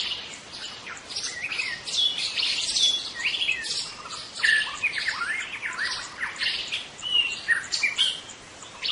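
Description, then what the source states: White-rumped shama singing an almost continuous medley of high whistles, slurs and harsh chatter, phrases tumbling one after another. White-rumped shama, called murai batu hutan, singing in forest.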